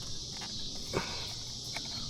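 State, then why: Not seated. An electrical connector is pushed onto an ignition coil during spark plug replacement on a Mercedes-Benz C300 engine, against a steady hiss with faint rustling and a brief soft thump near 1.0 s. The connector has not clicked or seated yet.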